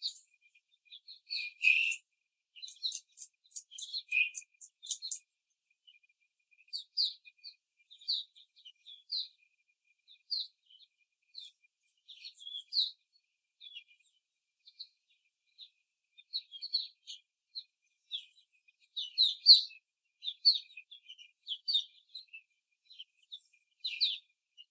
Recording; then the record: young laying hens in a cage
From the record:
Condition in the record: after the stressor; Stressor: simulated dog barking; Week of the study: 3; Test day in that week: 1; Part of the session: 3